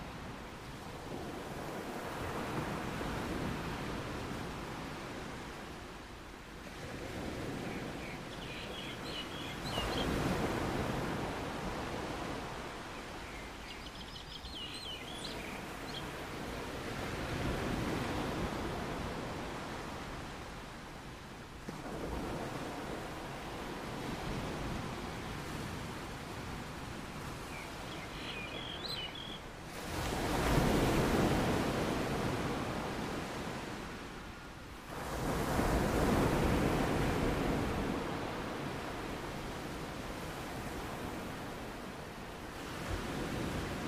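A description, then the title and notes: Ocean waves roll in and wash out in a steady hiss, swelling every few seconds, with the biggest surges around 10, 30 and 35 seconds. A soft low rumble runs underneath, and a few faint chirping bird calls appear near 8, 14 and 29 seconds. Relaxing Blissful Ocean Waves for Sleep.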